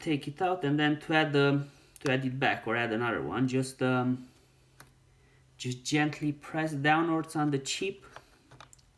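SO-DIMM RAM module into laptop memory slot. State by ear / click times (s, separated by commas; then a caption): seated / 8.6 s, 8.7 s. Someone talks while a SO-DIMM RAM module is slid into the memory slot of a Dell XPS 15 (9550 and 9560) laptop and pressed down on until its side clamps click shut. Two sharp clicks are heard at 8.6 s and 8.7 s as the module seats in its clamps.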